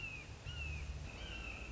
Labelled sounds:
Red-shouldered Hawk (Buteo lineatus)
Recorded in Sonoma County, California

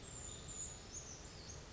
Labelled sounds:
Brown Creeper (Certhia americana)
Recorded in Sonoma County, California

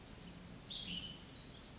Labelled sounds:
Cassin's Vireo (Vireo cassinii)
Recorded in Sonoma County, California

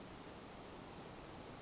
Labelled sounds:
Western Flycatcher (Empidonax difficilis)
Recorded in Sonoma County, California

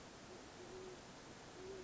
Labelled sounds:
Band-tailed Pigeon (Patagioenas fasciata)
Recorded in Sonoma County, California

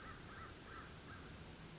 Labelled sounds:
American Crow (Corvus brachyrhynchos)
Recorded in Sonoma County, California

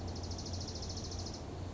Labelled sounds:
Dark-eyed Junco (Junco hyemalis)
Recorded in Sonoma County, California

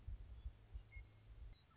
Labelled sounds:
Western Meadowlark (Sturnella neglecta)
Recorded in Sonoma County, California

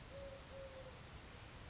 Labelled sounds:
Eurasian Collared Dove (Streptopelia decaocto)
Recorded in Sonoma County, California

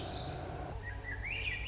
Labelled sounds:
Swainson's Thrush (Catharus ustulatus)
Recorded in Sonoma County, California

